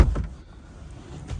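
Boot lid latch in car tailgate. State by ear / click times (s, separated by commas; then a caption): not seated / none. The tailgate of a crash-damaged V70, now Cat N, is shut. Its boot lid latch won't lock in position unless a seat is pushed across, which can't be done at the same time. A low slam and a short thump are heard near 0.2 s and 1.4 s, with a quiet rumble between, but the latch has not caught and nothing has clicked into place.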